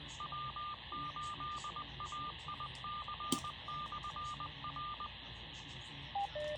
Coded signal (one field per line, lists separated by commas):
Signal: Morse code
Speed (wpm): 20 wpm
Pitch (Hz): 1200 Hz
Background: none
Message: W8AIC/R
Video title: Columbus, OH Tornado Warning Scare compilation 3/30/25